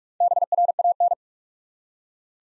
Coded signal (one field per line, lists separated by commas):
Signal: Morse code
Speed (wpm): 47 wpm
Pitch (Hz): 700 Hz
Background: none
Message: BRAN